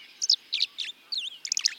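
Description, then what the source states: Tree Swallow calls: short, liquid chirps and twitters in five quick bursts in under two seconds, with a quiet background. Tree Swallows in June sunlight near nest boxes at a marsh edge, chasing a white feather in midair as other swallows join in.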